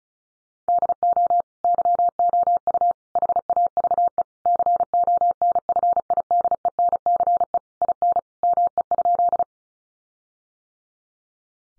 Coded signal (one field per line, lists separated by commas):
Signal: Morse code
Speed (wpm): 34 wpm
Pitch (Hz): 700 Hz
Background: none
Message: DO YOU HAVE CONFIDENCE IN ME?